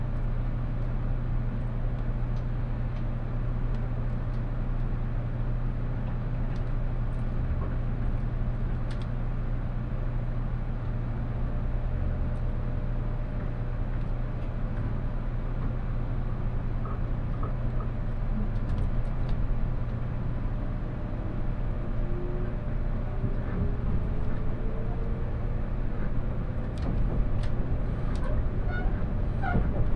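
Riding the limited express Huis Ten Bosch toward Takeo Onsen, a steady low rumble and hum fill the whole clip at an even level. Faint clicks and ticks come and go, with a brief rising whine around twenty-two seconds and small knocks near the end.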